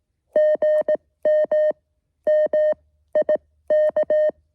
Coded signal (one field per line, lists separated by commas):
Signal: Morse code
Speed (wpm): 18 wpm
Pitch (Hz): 620 Hz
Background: music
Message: GM MIK